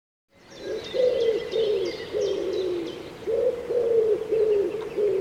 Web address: cianscape birddata Deverinetal 2025 Bird Co Pa Co Pa 1